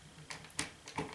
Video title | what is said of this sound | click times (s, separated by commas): How to Install Smoke Alarm After Re-Painting Ceiling | and then I I can hear it kind of clicking | 0.3 s, 0.6 s